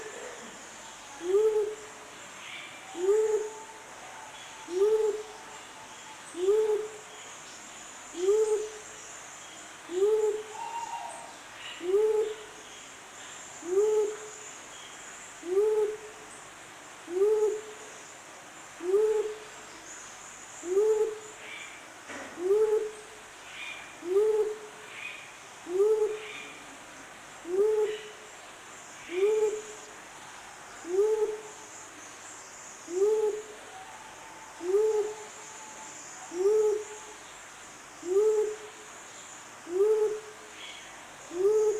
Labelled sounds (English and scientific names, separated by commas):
Mindanao Bleeding-heart (Gallicolumba crinigera) call